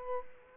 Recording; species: mosquito wingbeat signal from an infrared sensor; Culex quinquefasciatus